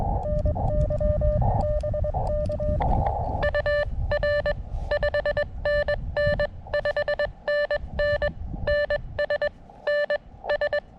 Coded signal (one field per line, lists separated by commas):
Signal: Morse code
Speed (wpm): 22 wpm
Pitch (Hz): 590 Hz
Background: none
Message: NY BK UR 5NN 5NN NS NS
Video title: Activating Chenango Valley State Park: CW POTA @ K-2032 using the Elecraft KX2 and AX1 antenna.